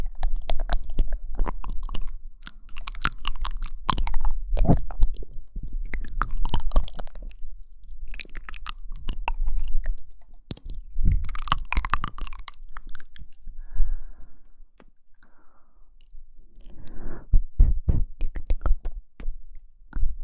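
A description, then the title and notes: Mouth sounds: wet chewing, crunching and clicking that come in irregular clusters for most of the twenty seconds. The bursts are dense from the start to about 13 seconds, then thin into softer, sparse clicks and brief crunches. A steady low hum runs underneath throughout. Mouth Sounds.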